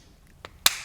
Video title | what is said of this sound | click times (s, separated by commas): NEW Klein Tools EDC 7-in-1 Ratcheting Impact Stubby Screwdriver Nut Driver - KNECT 32561HDRT | you see it snaps right in there | 0.7 s